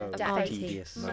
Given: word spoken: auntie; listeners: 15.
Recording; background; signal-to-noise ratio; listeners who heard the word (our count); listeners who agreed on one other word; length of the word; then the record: one English word in noise, from a listening test; four-talker babble; -2.0 dB; 0 of 15; 6 of 15; 0.73 s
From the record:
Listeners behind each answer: 6, 1, 1, 1, 1, 1, 1, 1, 1, 1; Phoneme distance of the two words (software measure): 41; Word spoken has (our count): 2 syllables, 4 phonemes, stress on syllable 1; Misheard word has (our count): 2 syllables, 5 phonemes, stress on syllable 2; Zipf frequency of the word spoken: 4.04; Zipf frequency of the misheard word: 3.82